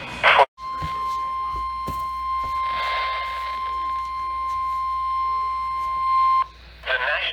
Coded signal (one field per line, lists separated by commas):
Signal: Emergency Alert System (SAME) tones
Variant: 1050 Hz attention tone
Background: speech